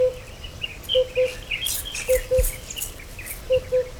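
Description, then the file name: Oriental cuckoo calling in soft low double hoots, three pairs after a single opening hoot, over a background of chattering small birds and a few sharp clicks. "Oriental Cuckoo Cuculus optatus"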